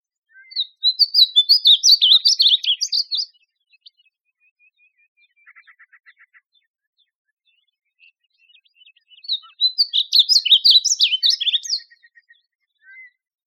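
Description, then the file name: Painted bunting song: two bright, rapid warbled phrases of high sweet notes several seconds apart, with a soft ticking series between them. Recorded in Texas on 26 June 2005. "PABU TX 062605"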